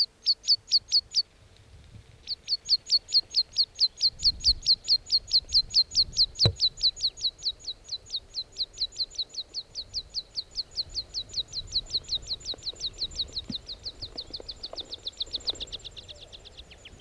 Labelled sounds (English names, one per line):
Meadow Pipit